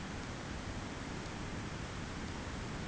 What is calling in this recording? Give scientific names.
none